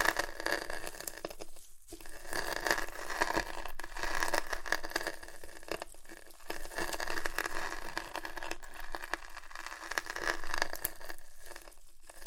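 Crunchy chips being crushed and chewed in a dense, continuous crackle of bright crinkling, with brief quiet gaps near two, six and eleven seconds.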